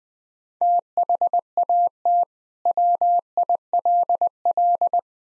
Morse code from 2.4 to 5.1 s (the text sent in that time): WILL